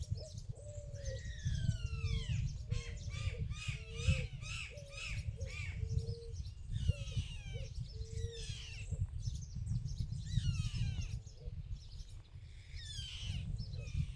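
Little birds in the countryside chirp and sing almost constantly, with quick bright trills and falling whistles overlapping through the fourteen seconds. A lower, steady cooing-like note repeats beneath them, and a continuous low rumble runs underneath everything.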